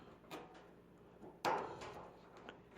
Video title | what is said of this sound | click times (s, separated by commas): Kenmore Gas Dryer 400 Series No Heat part 2 | make sure you hear snapping | 1.4 s